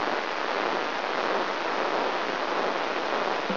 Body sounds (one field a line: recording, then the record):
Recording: brain microelectrode recording played as sound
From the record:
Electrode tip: inside the subthalamic nucleus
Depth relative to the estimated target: -1.3 mm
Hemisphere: right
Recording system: AlphaMap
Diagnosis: Parkinson's disease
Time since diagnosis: 26 years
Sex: female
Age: 68 years